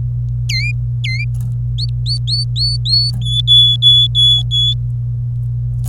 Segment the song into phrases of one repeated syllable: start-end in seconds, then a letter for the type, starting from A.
0.49-0.71 A, 1.04-1.24 A, 1.78-3.11 B, 3.22-4.74 C